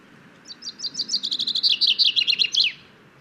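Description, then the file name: Common chaffinch singing one phrase: a series of bright notes sliding lower in pitch, ending in a quick flourish. "Fringilla coelebs"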